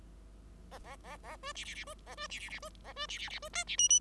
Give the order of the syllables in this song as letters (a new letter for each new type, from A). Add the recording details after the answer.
A A A A B C C C B A B C C C B A B C C C B D C E E. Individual Bird5